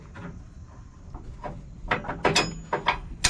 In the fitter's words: there we go okay locks into place okay